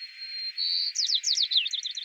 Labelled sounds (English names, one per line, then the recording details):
White-crowned Sparrow song
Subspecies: nuttalli
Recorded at Elkhorn Slough, California, in 2014
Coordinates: 36.810, -121.789
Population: admixed
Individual ELKH_maleA